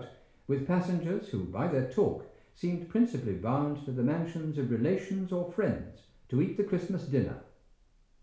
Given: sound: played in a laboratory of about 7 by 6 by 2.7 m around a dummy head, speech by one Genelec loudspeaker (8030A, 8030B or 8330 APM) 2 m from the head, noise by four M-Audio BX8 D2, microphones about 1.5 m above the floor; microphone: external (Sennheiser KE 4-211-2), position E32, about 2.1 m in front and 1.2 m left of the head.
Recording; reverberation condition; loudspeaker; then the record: male speech in English; medium; 30 degrees to the left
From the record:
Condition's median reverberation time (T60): about 510 ms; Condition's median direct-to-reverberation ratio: about -0.5 dB